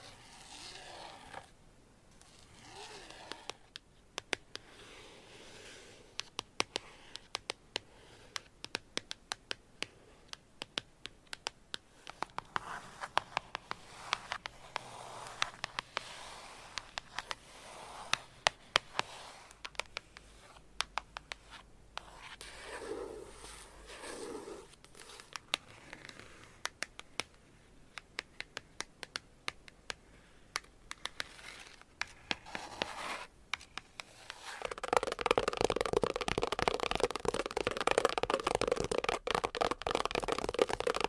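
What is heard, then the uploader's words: Tapping, with frequent sharp, irregular clicks over a quiet hiss, plus some scratching and scraping that sounds like writing. Near 35 seconds the sound jumps louder and brighter, becoming a dense, steady rush of tapping until the end. ASMR IMMUNITY TEST 10 Levels of Tapping INTENSE Trigger Warning! No Talking.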